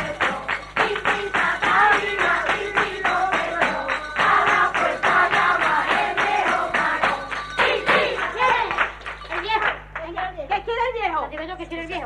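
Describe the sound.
A group of voices sings a traditional Christmas carol (villancico) at a zambomba in Jerez in 1981, to steady rhythmic hand clapping, the sharp claps and taps running almost nonstop before thinning out toward the end.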